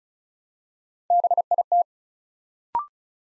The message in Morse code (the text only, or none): BIT